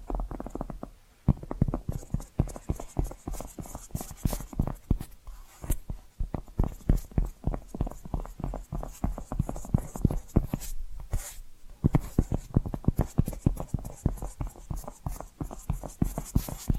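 Tapping and scratching sounds continue almost without pause, a dense run of quick, sharp taps with a rough scratchy hiss between them. The rhythm is busy and uneven rather than regular. Brief lulls near one second and around eleven seconds break the flow.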